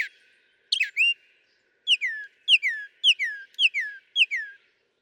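Northern mockingbird song: a brief opening note and a different two-part phrase, then five repeated slurred phrases, each a high note dropping into a falling whistle, delivered about twice per second.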